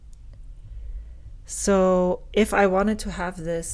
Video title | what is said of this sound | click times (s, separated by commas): SFMD 63: Announcing #8MOREPenQuestions2025 - Flexible Nib Factory, Books 2025, Mini Collages. | this is where it stops and it's not all the way in. | 0.1 s